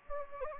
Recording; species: mosquito wingbeat signal from an infrared sensor; Anopheles gambiae